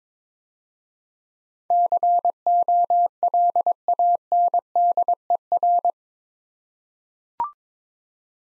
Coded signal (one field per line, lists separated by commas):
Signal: Morse code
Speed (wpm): 21 wpm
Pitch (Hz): 700 Hz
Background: none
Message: COLANDER